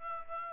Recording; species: mosquito wingbeat signal from an infrared sensor; Aedes aegypti